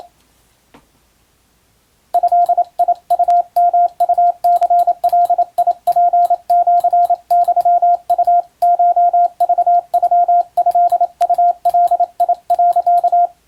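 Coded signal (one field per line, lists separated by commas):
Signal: Morse code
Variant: Japanese Wabun code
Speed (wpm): 29 wpm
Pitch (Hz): 700 Hz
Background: radio noise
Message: ドウヨウニガツシユウコクノトウガ、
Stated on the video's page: Japanese-language (wabun) Morse radiotelegram practice in the style of ship-to-coast-station traffic, for amateur radio training.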